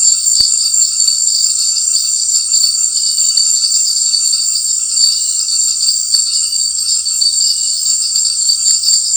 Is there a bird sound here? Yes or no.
no